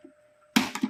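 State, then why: Seated. While reassembling an HP Ink Tank printer, the plastic front cover part is pushed into the printer body so it engages its latch. After a faint steady hum, a sharp plastic snap at 0.6 s shows the cover seating into its lock, followed by a softer knock about 0.8 s.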